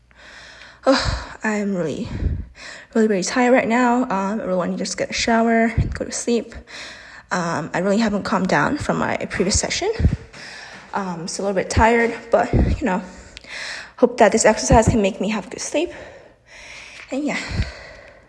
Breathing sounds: free speech after running; female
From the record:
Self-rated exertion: vigorous exertion (4 of 6); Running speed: 6 miles an hour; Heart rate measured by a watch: 151 beats a minute at the start, 145 at the end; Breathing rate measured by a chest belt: 21 breaths a minute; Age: 18 years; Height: 171 cm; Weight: 75 kg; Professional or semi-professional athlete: no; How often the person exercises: 1 to 2 times a week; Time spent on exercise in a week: under 1 hour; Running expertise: no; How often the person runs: 1 to 2 times a week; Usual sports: running, fencing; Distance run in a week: 3 km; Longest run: 21.3 km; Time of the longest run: 190 minutes

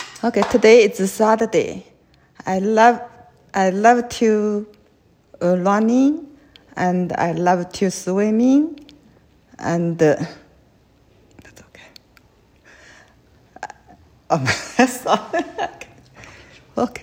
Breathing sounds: free speech after running; female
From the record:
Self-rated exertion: very light exertion (1 of 6); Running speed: 5 miles an hour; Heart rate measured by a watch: 88 beats a minute at the start, 94 at the end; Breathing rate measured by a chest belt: 14 breaths a minute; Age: 58 years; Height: 160 cm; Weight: 52 kg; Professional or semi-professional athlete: no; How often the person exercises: over 5 times a week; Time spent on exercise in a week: over 5 hours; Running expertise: no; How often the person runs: 3 to 5 times a week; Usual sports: running, swimming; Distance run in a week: 30 miles

